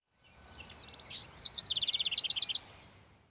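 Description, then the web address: Bird chirping: a quick run of high, thin chirps repeated several times a second, speeding into an even series before stopping, over a soft low background hiss. "blue archive Audio SFX SE Bird"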